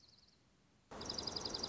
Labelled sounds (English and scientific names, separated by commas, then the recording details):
Dark-eyed Junco (Junco hyemalis)
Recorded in Sonoma County, California